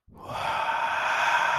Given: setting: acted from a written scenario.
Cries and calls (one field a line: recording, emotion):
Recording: vocal sound without words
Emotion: awe